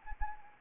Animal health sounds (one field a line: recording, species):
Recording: mosquito wingbeat signal from an infrared sensor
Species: Anopheles arabiensis